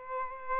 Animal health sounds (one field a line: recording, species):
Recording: mosquito wingbeat signal from an infrared sensor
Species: Aedes albopictus